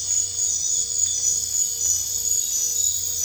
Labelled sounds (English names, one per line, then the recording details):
none
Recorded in dense forest near Puerto Asís, Putumayo, Colombia, on 22 December 2024 at 21:30
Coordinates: 0.484, -76.325
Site G056